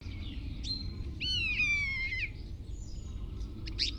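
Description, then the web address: Common starling giving a long, drawn-out whistle that slurs slowly downward, set between sharp clicks and short high notes. "Estornino pinto"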